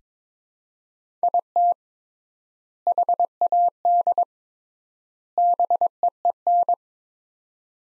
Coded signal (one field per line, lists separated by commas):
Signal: Morse code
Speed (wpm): 22 wpm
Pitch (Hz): 700 Hz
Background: none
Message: IT HAD BEEN